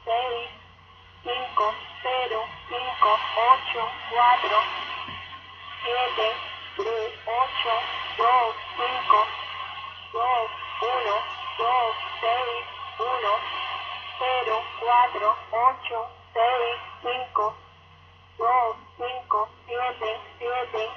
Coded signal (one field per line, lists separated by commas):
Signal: numbers station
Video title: Numbers Station Dec 15 2014